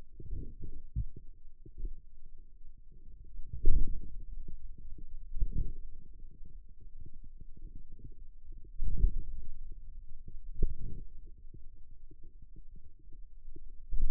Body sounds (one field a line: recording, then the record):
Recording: forearm muscle sounds (acoustic myography)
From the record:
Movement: wrist flexion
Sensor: system 2, bracelet of six BSWA MPA416 microphones around the upper forearm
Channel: 6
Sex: male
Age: 22 years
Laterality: right